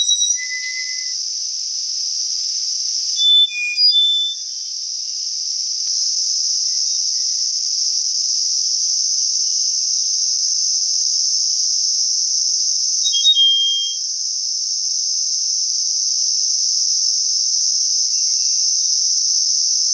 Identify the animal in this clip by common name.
Black-faced Solitaire